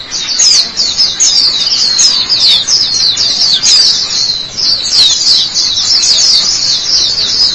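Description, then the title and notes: White-eye song, a continuous shrill twitter of rapid, thin, slurred notes. "Suara kicauan burung pleci"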